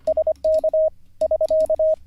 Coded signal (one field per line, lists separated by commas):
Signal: Morse code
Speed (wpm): 25 wpm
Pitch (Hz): 630 Hz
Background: radio noise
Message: SK <SK>